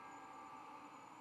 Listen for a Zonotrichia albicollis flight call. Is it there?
no